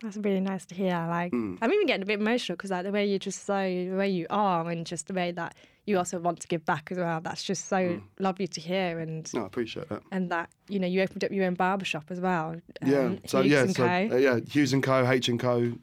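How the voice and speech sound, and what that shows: A woman speaks fluently in a warm, conversational tone, with natural pauses and rising emotion, and no stumbles or voice strain. A lower man's voice briefly joins near the end. This is ordinary speech.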